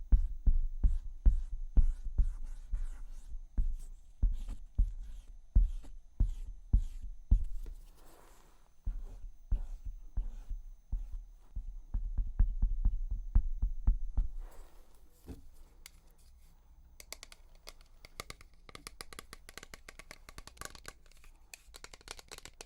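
Makeup cleansing, heard as a run of soft, regular pats and taps with short clicks, several per second, for roughly the first fourteen seconds, with a brief pause near nine seconds. After that the patting stops, leaving faint, sparse crackles and light scratchy ticks.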